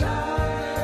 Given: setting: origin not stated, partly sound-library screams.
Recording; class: one-second piece from a danger detection set; normal situation